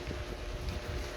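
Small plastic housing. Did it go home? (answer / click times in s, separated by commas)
no / none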